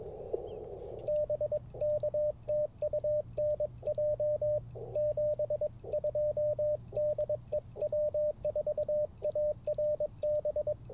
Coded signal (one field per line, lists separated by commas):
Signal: Morse code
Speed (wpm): 22 wpm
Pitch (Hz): 590 Hz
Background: radio noise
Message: BK TU NJ 72 DE W4ARB